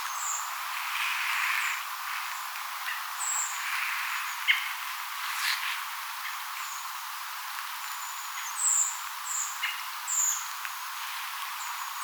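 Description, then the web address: Redwings calling: many thin, high tseep notes, scattered throughout, with soft rustling bursts and steady hiss beneath. Calls of a redwing flock, 29 October 2025. "paivat 29 10 2025 punakylkirastasparven aantelya"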